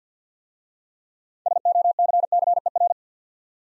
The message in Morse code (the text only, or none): SOCCER